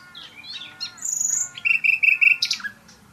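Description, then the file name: Common nightingale song phrase: soft varied notes, a high thin whistle, then several quick bright repeated notes and a short rough ending. "Luscinia megarhynchos"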